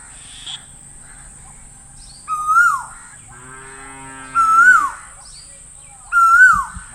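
Bird repeating a bright whistled note that climbs and then slides down, three times, while a low, drawn-out moaning sound rises and fades in between.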